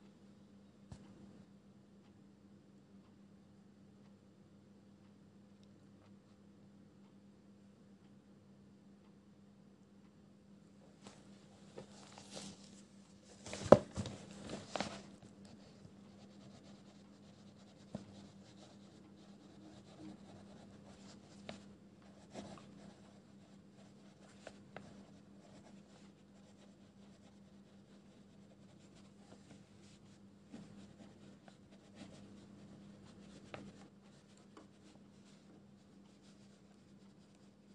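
Pencil scribbling and page handling over a low, steady hum. The first ten seconds are nearly silent, then a burst of crisp rustling near 12–15 seconds, likely a page flip, gives way to scattered scratchy pencil strokes and light taps until the end.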